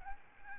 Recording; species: mosquito wingbeat signal from an infrared sensor; Aedes albopictus